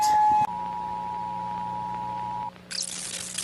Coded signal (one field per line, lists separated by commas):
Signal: Emergency Alert System (SAME) tones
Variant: 853 and 960 Hz attention tone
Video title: Debunking EAS Alarms Pt.1